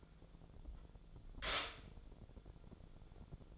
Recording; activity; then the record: daily activity, microphone in the room; stop toaster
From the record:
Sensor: 5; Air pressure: 1000.3 hPa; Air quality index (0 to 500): 131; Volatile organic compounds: 2 ppm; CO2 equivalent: 1036 ppm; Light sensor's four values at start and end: 80/186/79/85 and 80/187/79/86